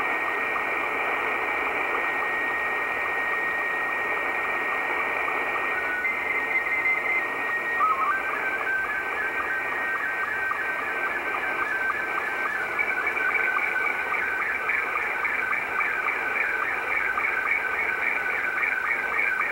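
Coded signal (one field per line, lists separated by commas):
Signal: SSTV (slow-scan television)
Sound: hissy band, a steady whistle, brief stepped chirps, then a warbling scanning tone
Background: radio static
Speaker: this is uh R3 na which is a Russian amateur radio operator and what you're seeing here is what we call slow scan television so I'm decoding his signal sending a cqd x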